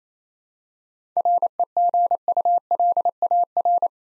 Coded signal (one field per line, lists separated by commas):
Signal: Morse code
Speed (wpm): 29 wpm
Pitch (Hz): 700 Hz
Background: none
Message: REGULAR